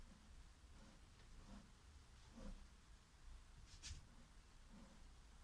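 A four jaw chuck is being turned around on the lathe spindle thread toward the stop. Faint scraping and rubbing sounds come and go over a low steady hum, with brief brighter scrapes near 1.5, 2.4 and 3.9 seconds. The chuck has not seated yet.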